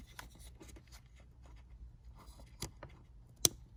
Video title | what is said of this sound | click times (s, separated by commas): How to Fix Airbag Light | So that's snapped back in, and we're just going to put this back down and apply pressure. | 3.4 s